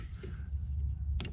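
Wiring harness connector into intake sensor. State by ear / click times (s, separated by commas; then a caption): seated / 1.2 s. A wiring harness electrical connector is plugged into the sensor on a JLT intake being installed on a 2021-2025 Dodge Durango Hellcat, then locked down. A low steady rumble runs underneath until a single very sharp click at 1.2 s as the connector seats.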